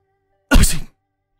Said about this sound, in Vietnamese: Vừa ra khỏi dịch quán, hắt hơi một cái thật mạnh.